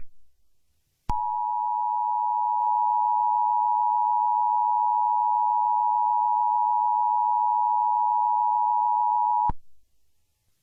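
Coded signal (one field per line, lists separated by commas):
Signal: Emergency Alert System (SAME) tones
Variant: 853 and 960 Hz attention tone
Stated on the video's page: Fictional EAS scenario using valid EAS tones.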